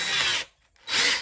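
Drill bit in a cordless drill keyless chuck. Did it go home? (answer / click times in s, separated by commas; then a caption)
no / none. A drill bit is tightened in the keyless chuck of a Craftsman 20V cordless drill, which has no ratcheting click by design. Two bursts of broadband drill whir are heard, with a near-silent gap and only a faint tick near 0.8 s between them. No ratchet click is heard; the chuck simply lacks one, so this is not a failed fit.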